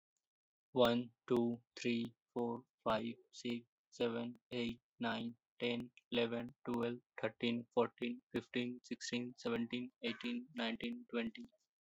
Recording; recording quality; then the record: counting at a normal pace; excellent, no background noise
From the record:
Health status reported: respiratory illness, not identified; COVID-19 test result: not tested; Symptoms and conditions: breathing difficulty, asthma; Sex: male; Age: 18 years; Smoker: not ticked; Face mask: not worn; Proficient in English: no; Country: India